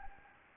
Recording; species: mosquito wingbeat signal from an infrared sensor; Anopheles gambiae